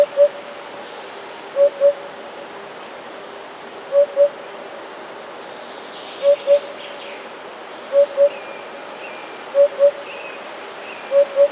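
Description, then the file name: Eurasian hoopoe song: soft, low paired hoots, 'oop-oop', repeated roughly every two seconds, with faint high bird calls in the background. "dudek"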